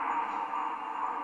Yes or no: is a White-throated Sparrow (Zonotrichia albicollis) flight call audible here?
no